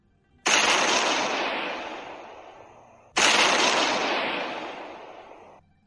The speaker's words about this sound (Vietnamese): Tiếng nổ như trời sập liên tiếp vang lên bên tai. Đất rung núi chuyển, hỏa quang tràn ngập, chiếu sáng cả bầu trời.